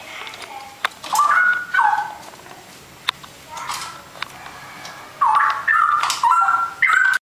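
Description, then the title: Oriental magpie-robin song: short whistled phrases with slurred, wavering notes, delivered in bursts separated by pauses, with a few sharp clicks between phrases. "Kicau Kacer"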